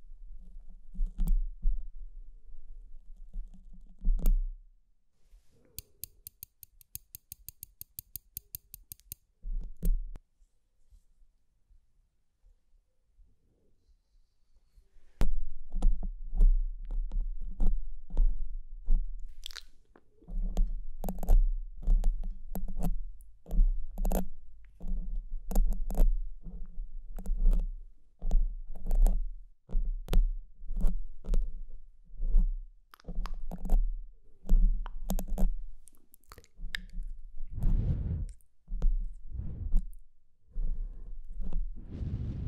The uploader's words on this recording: BRAIN TINGLES PINCHING SCRATCHING FOR SLEEP and RELAXATION ASMR.